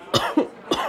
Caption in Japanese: この前から咳が激しいですけど。 なんせこの年じゃからな、いろいろガタは来るよ。 まあ風邪じゃから。 でも一昨日から食欲もあまりございませんしね。